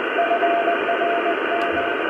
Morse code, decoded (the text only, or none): FRM